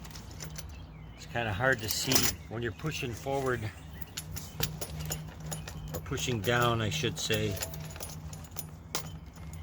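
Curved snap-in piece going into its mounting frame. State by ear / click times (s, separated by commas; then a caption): seated / 9.0 s. During assembly of a Digitek SX91, a curved (concave) snap-in piece is pushed down into its mounting frame while someone talks, with scattered light clicks and rattles. A sharp, loud snap at 9.0 s marks the piece clicking home and seated; two clicks mean it is in right, with the piece facing concave forward.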